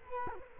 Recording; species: mosquito wingbeat signal from an infrared sensor; Culex quinquefasciatus